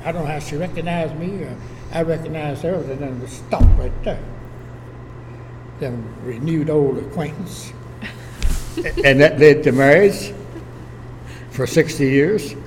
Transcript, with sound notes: I don’t know how she recognized me, or I recognize her, then we stopped right there. Then we renewed old acquaintance, [laughter] and that led to marriage, for sixty years, and…